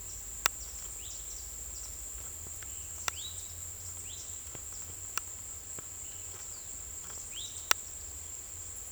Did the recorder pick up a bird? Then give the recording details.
yes. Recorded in secondary vegetation near Puerto Asís, Putumayo, Colombia, on 22 December 2024 at 17:00. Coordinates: 0.468, -76.324. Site G095